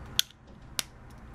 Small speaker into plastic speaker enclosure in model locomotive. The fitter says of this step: feed as you go and then this speaker will just snap right in there